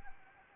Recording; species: mosquito wingbeat signal from an infrared sensor; Anopheles arabiensis